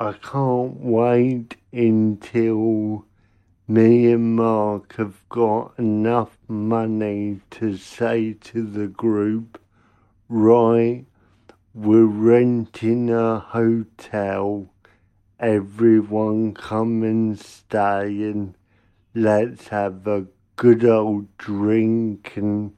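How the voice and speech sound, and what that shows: Slow, flat-pitched speech from an adult man with stretched sounds and frequent pauses: dysarthria from cerebral palsy, congenital, caused by lack of oxygen to the brain at birth.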